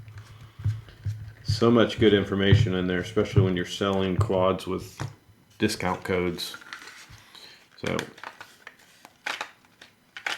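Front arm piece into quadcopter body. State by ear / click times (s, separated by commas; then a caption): seated / 9.3 s, 10.3 s. Someone talks while a replacement front arm piece is pressed onto the plastic body of a Hubsan Zino or Zino Pro quadcopter. Sharp clicks at about 9.3 s and 10.3 s mark the arm snapping and locking into place, fully seated.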